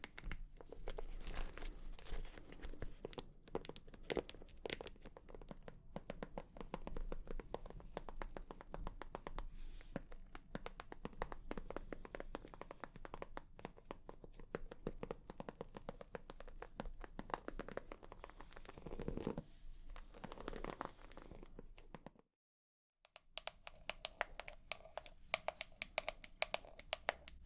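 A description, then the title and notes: Dense, rapid tapping fills the clip, crisp, with a crinkly, crumpling edge like fingers working over a paper or plastic surface. The pace stays busy throughout, dropping to silence for about a second near 22 seconds before resuming. 100% Tapping.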